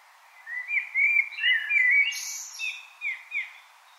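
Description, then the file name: Common blackbird singing a run of warbled, fluty notes and a brief high squeaky flourish, ending with a few soft whistles. "Turdus merula"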